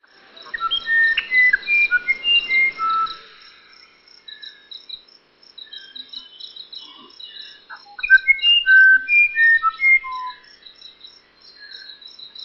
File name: musician wren